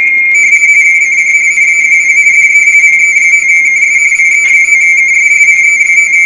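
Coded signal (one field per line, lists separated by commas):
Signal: RTTY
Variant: 170 Hz shift FSK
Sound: continuous rapid warbling between two close high tones, a steady teletype chatter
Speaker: going to begin by finding a station to work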